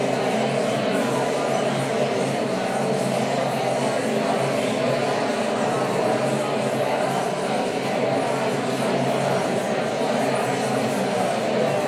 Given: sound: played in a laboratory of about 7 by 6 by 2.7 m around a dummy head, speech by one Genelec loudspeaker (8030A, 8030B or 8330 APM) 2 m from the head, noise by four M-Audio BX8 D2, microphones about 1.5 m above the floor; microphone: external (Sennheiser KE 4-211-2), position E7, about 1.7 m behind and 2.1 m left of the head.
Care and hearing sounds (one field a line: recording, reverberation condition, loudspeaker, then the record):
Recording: babble noise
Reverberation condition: high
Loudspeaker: four, about 170 cm from the corners of the room and facing them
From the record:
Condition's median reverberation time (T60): about 1300 ms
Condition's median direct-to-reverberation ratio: about -4.0 dB